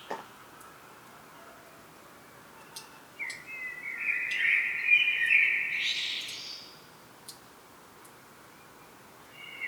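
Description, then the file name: Common blackbird song: after a few quiet seconds comes a single mellow fluted phrase with a squeaky high ending, then silence again. "Turdus merula"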